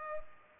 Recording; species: mosquito wingbeat signal from an infrared sensor; Culex pipiens